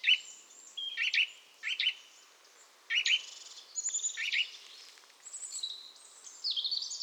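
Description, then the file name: Eurasian nuthatch calling in a busy burst: sharp clipped notes, some doubled, mixed with higher drawn-out squeaky tones, over quiet background hiss. "Sitta europaea"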